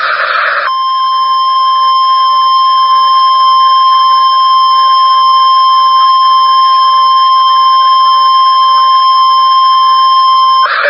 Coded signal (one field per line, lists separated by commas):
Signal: Emergency Alert System (SAME) tones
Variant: 1050 Hz attention tone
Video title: Weatheradio Canada - Severe Thunderstorm Warning (EAS #80) 18/04/2013